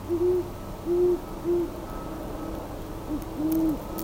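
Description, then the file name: Great horned owl giving deep muffled hoots, four or five spaced notes, the first slightly stuttered, over quiet low hiss. "Great Horned Owl - Bubo virginianus"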